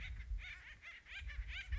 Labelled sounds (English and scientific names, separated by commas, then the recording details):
Acorn Woodpecker (Melanerpes formicivorus)
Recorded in Sonoma County, California